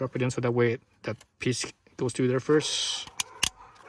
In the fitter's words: oh there it goes it click click right in